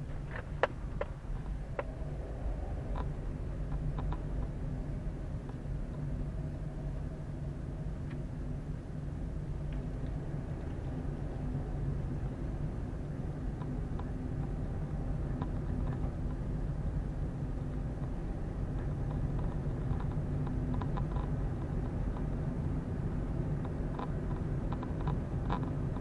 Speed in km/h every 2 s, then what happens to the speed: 10, 16, 18, 18, 18, 22, 23, 24, 24, 24, 25, 26, 27.
0-12 speeds up to 23. 12-26 steady at about 24.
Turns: none.